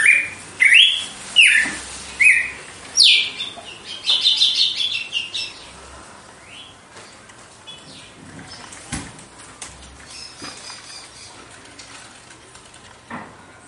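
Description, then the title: Red-cowled cardinal song: loud whistled notes, then a quick trill, fading into quiet with faint clicks and rustles. Female; song described as pure, strong, clean and measured açoite style. "Canto Galo Campina Fêmea 02. GALO DE CAMPINA, AÇOITE PURO, FORTE, LIMPO E COMPASSADO"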